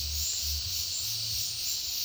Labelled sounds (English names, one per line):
none